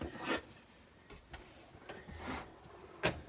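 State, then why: Not seated. A fold-down table top in a 1969 Airstream travel trailer is raised toward its latch position, producing rubbing, scraping handling noises with a few short knocks near 0.0, 1.3, 1.9 and 3.1 seconds. The table is still being handled and nothing has clicked into place yet.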